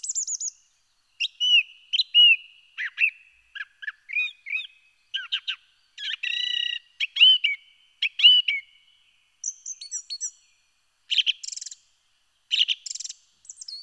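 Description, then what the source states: Song Thrush song: a varied string of whistled and trilled phrases, some repeated, with shrill high tones between short pauses. Song with many shrill, piercing tones; song thrushes have different song types and are known for repeating phrases.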